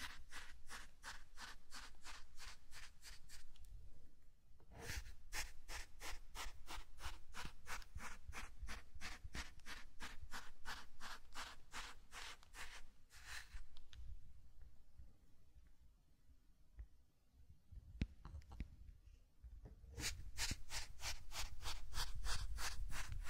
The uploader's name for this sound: Zen Garden - Sand Crinkle Brushing Tapping Cup Sounds